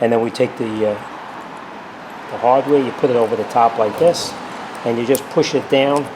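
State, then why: Not seated. Someone talks while a metal brake pad abutment clip (hardware) is placed over the top of the caliper mounting bracket and pushed down during a rear brake replacement on a 2008-2012 Toyota Highlander. Speech dominates over a low steady background hum, and there are no sharp sounds. The clip has not popped into place yet; nothing has seated or clicked.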